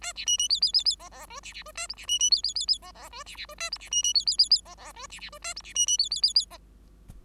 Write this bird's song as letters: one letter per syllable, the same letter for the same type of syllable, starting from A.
A B C C D D D D E E F B B F A G B C C D D D D E E F B B F A G B C C D D D D E E F B B F A G B C C D D D D E